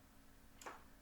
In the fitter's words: foot, and there's a little click behind.